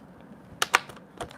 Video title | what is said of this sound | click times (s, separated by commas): Give it a Whirl Workshop - Part 3 - Bloom Where You're Planted Hope Box - Give it a Whirl Dies | hear that click sound that means you got your box assembled that's how easy it is to assemble this mini | 0.6 s, 0.8 s